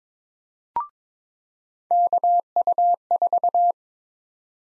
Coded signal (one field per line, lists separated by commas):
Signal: Morse code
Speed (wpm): 22 wpm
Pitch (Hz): 700 Hz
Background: none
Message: KU4